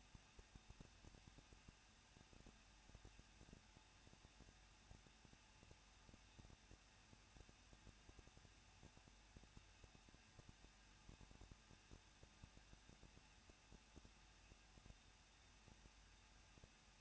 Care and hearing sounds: daily activity, microphone in the room; no activity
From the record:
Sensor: 2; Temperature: 21.0 degrees Celsius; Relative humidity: 37.3%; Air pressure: 1006.4 hPa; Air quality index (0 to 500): 221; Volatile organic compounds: 23 ppm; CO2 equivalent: 2786 ppm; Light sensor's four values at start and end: 2/3/2/2 and 2/3/2/2

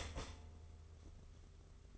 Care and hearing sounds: daily activity, microphone in the room; start toaster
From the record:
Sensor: 4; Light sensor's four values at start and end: 18/58/22/22 and 18/58/22/22

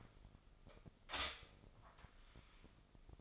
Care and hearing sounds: daily activity, microphone in the room; stop toaster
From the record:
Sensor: 5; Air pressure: 995.3 hPa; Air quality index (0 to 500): 107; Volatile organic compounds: 8 ppm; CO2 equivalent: 2070 ppm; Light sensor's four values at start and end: 35/83/34/34 and 35/84/34/34

